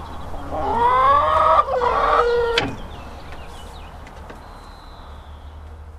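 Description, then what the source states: Chicken: hen giving a long, rising, nasal cackle lasting about two seconds, ending in a sharp click, then faint background hum and a high whistle. Hens, recorded 5 April 2014 on a MiniDisc recorder.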